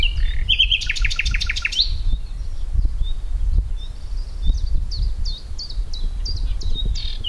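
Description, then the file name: Common nightingale gives a fast rattling trill in the first two seconds, followed by a series of brief high descending chirps, with a constant low background rumble. "Luscinia megarhynchos"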